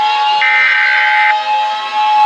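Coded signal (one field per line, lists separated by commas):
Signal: Emergency Alert System (SAME) tones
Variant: header bursts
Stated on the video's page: Fictional EAS scenario, not a real alert.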